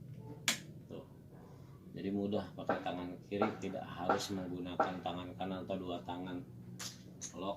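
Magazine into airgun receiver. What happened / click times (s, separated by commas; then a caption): The magazine is being handled and is not yet seated / none. A loaded magazine is handled one-handed at the receiver of an FX airgun while someone talks, with a sharp transient early in the clip. Nothing has seated or clicked yet, and the clip ends just before the magazine goes home.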